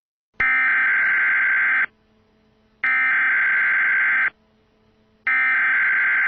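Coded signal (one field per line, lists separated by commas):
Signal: Emergency Alert System (SAME) tones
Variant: header bursts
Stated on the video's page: Fictional scenario.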